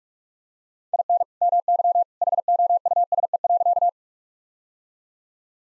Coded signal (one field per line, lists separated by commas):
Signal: Morse code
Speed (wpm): 46 wpm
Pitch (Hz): 700 Hz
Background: none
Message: IN MY HOUSE.